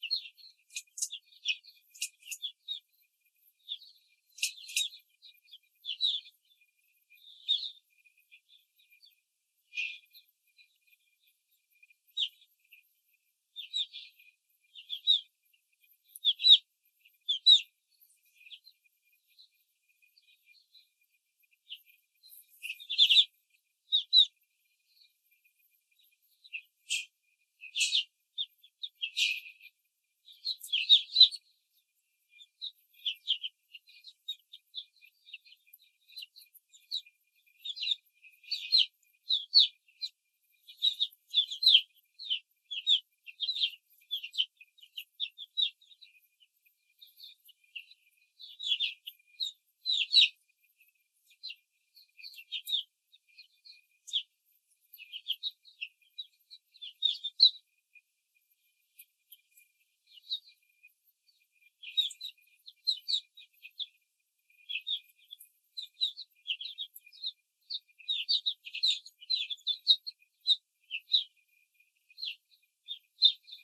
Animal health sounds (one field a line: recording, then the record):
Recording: young laying hens in a cage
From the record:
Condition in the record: control cage, after the stress test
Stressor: none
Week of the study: 4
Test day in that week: 3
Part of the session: 1